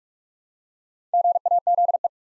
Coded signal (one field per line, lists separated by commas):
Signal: Morse code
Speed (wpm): 44 wpm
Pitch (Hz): 700 Hz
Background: none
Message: GAZE